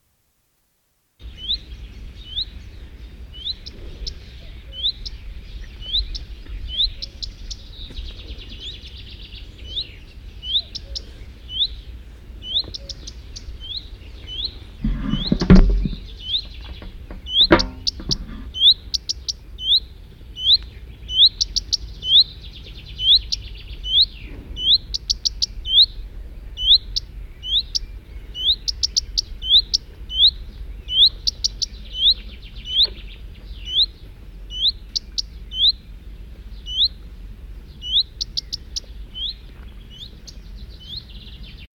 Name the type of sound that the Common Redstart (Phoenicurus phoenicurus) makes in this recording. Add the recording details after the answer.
call. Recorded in the wild. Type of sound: call. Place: Bad Kleinen, Mecklenburg-Vorpommern, DE. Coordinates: 53.771, 11.472. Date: 1972-06-14. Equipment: Nagra III BH, Sennheiser MD 21, parabola. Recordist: Schubert, Michael. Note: Warnen Gartenrotschwanz